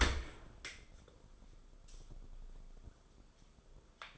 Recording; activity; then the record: daily activity, microphone in the room; open dishwasher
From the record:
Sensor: 5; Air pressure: 994.6 hPa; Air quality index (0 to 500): 195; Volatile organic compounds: 1000 ppm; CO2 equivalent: 5750 ppm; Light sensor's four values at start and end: 47/142/55/61 and 47/144/56/62